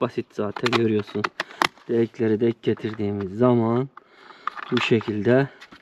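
Someone talks while lining up a stock with its mating slot on the main unit, ready to push it on. Nothing has seated or clicked yet; the stock is not attached by the end of the clip.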